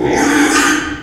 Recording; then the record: squeal of a Yucatan mini pig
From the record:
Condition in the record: after surgery on the right vocal fold (resection and tissue-engineered implant); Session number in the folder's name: 3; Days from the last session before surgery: 33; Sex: male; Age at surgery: 12 weeks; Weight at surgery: 13 kg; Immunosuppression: cyclosporine, prednisolone